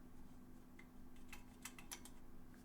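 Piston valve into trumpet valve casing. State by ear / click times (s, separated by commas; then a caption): seated / 1.6 s. An oiled trumpet piston valve is pushed fully down into its trumpet valve casing, with the skinny side of its plastic guide toward the player, and turned until the guide catches. Small metallic ticks and scrapes sound at about 0.8, 1.3, 1.8 and 2.1 s over a steady low hum, with the loudest, sharpest click at 1.7 s. The valve is seated in place.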